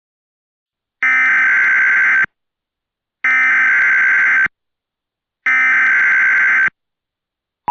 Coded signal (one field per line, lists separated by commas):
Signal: Emergency Alert System (SAME) tones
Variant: header bursts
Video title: What the...? (EAS MOCK)